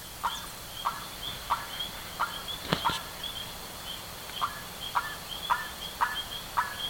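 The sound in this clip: Bird repeating harsh, brief notes about twice a second, broken by a couple of sharp clicks midway, over a persistent high drone.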